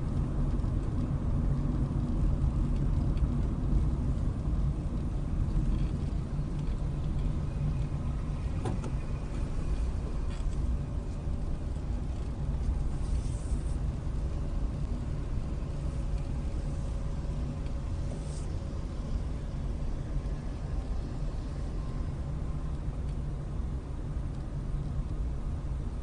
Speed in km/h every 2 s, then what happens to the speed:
26, 24, 21, 15, 15, 15, 16, 16, 16, 15, 15, 15, 15.
0-6 slows to 15. 6-26 steady at about 15.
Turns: 3-6.